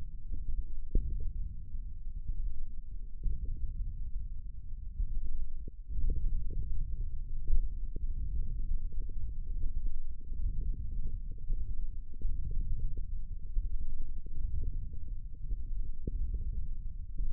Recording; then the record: forearm muscle sounds (acoustic myography)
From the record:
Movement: wrist extension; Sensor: system 1, eight BSWA MPA416 microphones around the upper forearm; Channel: 6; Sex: male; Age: 20 years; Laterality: left